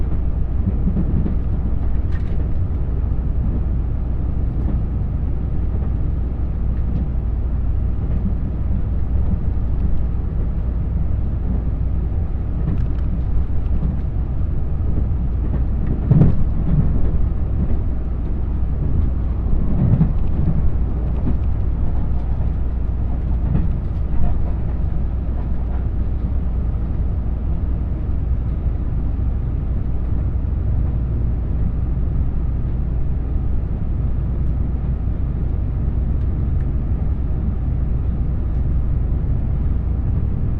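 A Limited Express Nanpu train runs on the Dosan Line, Oboke toward Tadotsu, with a steady low rumble that never lets up. Faint clicks and brief knocks from the running gear come and go, a few stronger around the middle, over an even level throughout.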